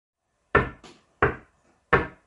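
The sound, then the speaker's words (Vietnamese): Three steady, evenly spaced knocks on a wooden door, each a loud, solid thud with a short resonant tail, plus a softer tap right after the first. No one speaks. “Quan chủ Thương Hồng nghe muốn nổ đầu, đường định quát lên im lặng thì bên ngoài vang lên tiếng gõ cửa.”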